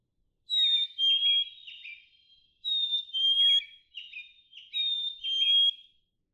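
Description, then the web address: Black-capped chickadee singing pure whistled two-note phrases, high then lower, three times in steady rhythm, each followed by faint scratchy lower notes. "birdsongforthecurious Black-capped Chickadee"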